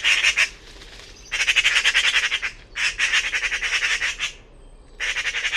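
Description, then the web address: Bird giving harsh, rasping chatter in rapid pulsed bursts, with brief quiet gaps between runs. "cianscape birddata Deverinetal"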